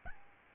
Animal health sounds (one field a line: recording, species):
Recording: mosquito wingbeat signal from an infrared sensor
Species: Aedes albopictus